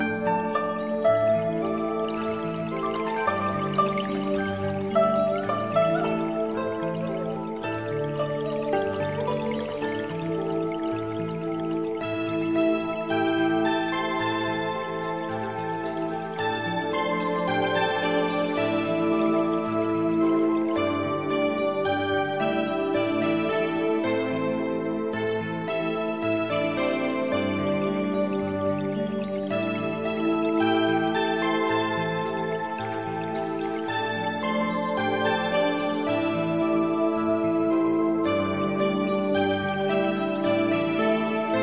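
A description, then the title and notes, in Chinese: Qin music plays with flowing water, the plucked notes steady and full in the low and middle range, bright ringing overtones stacking up from around twelve seconds on. Loudness stays even throughout, with a faint watery shimmer underneath the sustained strings. 琴声与流水声。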